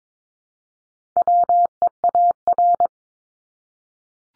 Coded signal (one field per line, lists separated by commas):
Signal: Morse code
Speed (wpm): 22 wpm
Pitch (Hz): 700 Hz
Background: none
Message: WEAR